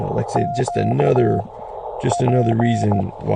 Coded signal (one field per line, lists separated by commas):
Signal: Morse code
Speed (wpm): 15 wpm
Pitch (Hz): 700 Hz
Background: speech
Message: QP